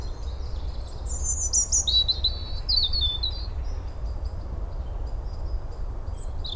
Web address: SETE data Erithacus rubecula